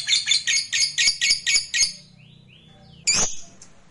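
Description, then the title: Lovebird giving a quick run of harsh, pulsed chattering notes for about two seconds, then a pause and one loud shrill squawk. Fighter lovebird giving ngekek panjang, a long trill. "Begitu Dengar Suara Lovebird FIGHTER NGEKEK PANJANG"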